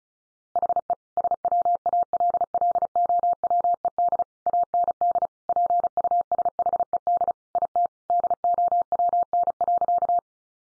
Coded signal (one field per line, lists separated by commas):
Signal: Morse code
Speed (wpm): 34 wpm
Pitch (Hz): 700 Hz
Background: none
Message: HE SWALLOWED AND PUSHED IT DOWN.